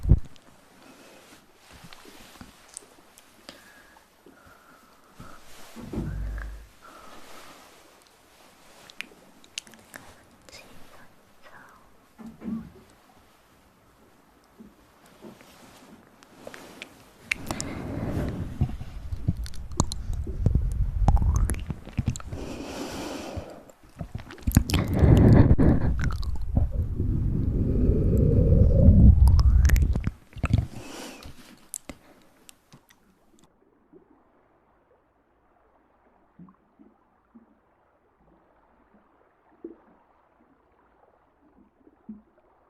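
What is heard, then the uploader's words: Mouth sounds and hand movements: soft wet clicks, smacks and chewing-like squishes come in scattered bursts. From about 17 to 30 seconds a dense, louder stretch of low rustling and mouth noise builds, then it thins to sparse faint clicks and near silence. Mouth sounds, hand movements at sensitivity.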